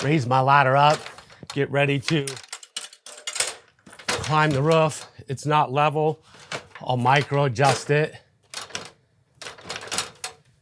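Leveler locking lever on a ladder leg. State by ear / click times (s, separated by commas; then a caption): not seated / none. Someone talks while handling the locking lever of a Werner ladder leveler on a ladder leg, raising the ladder and micro-adjusting the self-leveling leg because it is not level on uneven ground. Short metallic clicks and rattles of the adjustment are heard between the words. The leveler lock has not yet snapped shut; nothing has seated or clicked into place yet.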